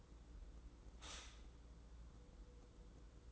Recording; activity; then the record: daily activity, microphone in the room; stop toaster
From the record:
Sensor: 3